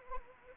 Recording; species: mosquito wingbeat signal from an infrared sensor; Anopheles arabiensis